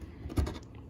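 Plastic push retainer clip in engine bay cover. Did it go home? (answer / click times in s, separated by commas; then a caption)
released / 0.5 s. A plastic push-type retainer clip in the engine bay cover of a Lexus GX 460 is pressed in at its centre and gives a short click at 0.5 s, followed by a few faint ticks. The clip is released and can then be pulled out.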